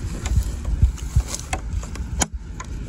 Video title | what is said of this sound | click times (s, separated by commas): DIY Starlink Setup That Saved Us After the STORM - PREPARE NOW | There it is. Click. | 2.2 s